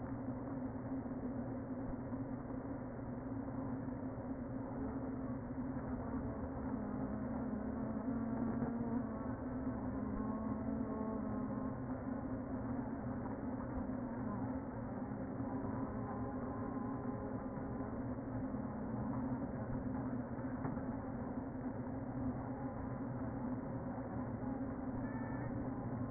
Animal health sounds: honeybee colony, microphone inside the hive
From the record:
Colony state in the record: queen present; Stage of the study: before two queens were removed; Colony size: about 60,000 bees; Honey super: yes

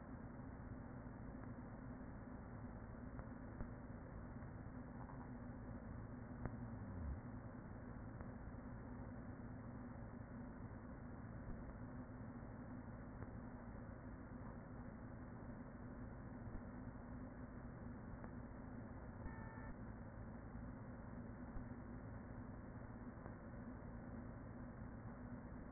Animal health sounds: honeybee colony, microphone inside the hive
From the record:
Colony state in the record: queen present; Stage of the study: after two queens were removed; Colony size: about 40,000 bees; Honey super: no

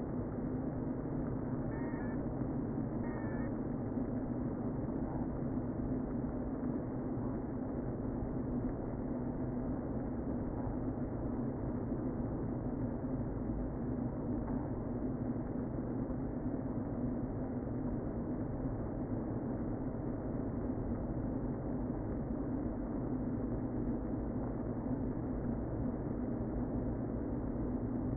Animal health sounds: honeybee colony, microphone inside the hive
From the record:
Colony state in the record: queen present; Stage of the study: before two queens were removed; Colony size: about 60,000 bees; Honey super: yes

